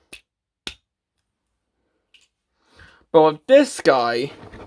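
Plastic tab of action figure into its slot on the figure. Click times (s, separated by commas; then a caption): 0.7 s. A plastic tab on a Transformers Skids action figure, used as the comparison figure, is pressed into its slot and seats with a loud, sharp click at 0.7 s. The click is preceded by a faint tap at 0.1 s and followed by another faint tick at 2.1 s. Someone then talks from about 2.8 s to the end.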